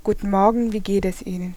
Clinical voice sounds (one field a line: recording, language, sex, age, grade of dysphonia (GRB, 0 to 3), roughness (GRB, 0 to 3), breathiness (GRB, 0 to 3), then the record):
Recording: spoken sentence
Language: German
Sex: female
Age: 20 to 29 years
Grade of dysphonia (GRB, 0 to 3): 0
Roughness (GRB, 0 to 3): 0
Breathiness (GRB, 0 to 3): 0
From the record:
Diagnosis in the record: healthy voice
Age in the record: 22 years